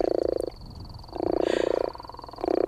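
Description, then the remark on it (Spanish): A gopher frog calling: three long, deep, rattling snore-like croaks separated by short pauses, loud and steadily repeated, with no voices over them. “Una rana, sí. Ay, sé que has acertado una. La rana Gopher.”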